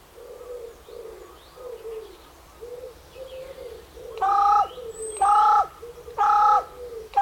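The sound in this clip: Carrion crow calls, three loud caws about a second apart in the second half.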